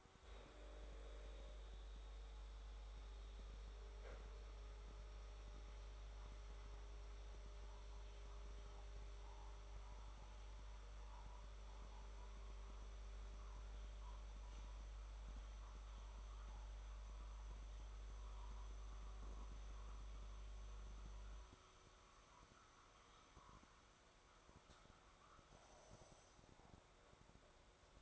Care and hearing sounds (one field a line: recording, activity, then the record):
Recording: daily activity, microphone in the room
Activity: make coffee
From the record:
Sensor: 3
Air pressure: 1014.7 hPa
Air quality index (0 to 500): 187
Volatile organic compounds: 20 ppm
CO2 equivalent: 2680 ppm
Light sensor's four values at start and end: 5/12/4/4 and 5/12/4/4